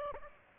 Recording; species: mosquito wingbeat signal from an infrared sensor; Aedes aegypti